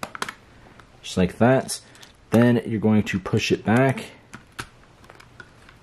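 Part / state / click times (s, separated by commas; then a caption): plastic snap clip of a game controller's front and back shell halves / released / 4.6 s. A screwdriver or pry tool works at the seam of a plastic PS4 game controller shell, pushed back and twisted to free the internal plastic snap clip holding the front and back halves together. Someone talks over light tapping and scraping sounds. A clear pop at 4.6 s marks the clip letting go, and the other side of the shell comes out.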